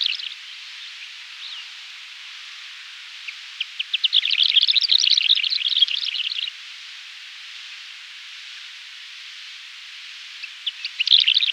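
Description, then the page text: Lesser short-toed lark song: a rapid, chattering burst of varied chirps and trills between roughly four and six and a half seconds, with brief fragments near the start and end over steady hiss. "Lesser Short-Toed Lark Song 2. Quick Sounds"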